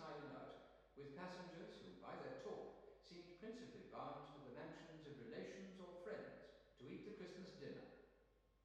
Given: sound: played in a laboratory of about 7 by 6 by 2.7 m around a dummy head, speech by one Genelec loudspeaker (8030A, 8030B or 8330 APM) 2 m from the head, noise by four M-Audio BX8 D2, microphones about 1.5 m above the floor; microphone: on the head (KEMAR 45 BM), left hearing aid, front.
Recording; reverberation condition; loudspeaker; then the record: male speech in English; high; 90 degrees to the right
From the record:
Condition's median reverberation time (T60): about 1300 ms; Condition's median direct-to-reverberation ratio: about -4.0 dB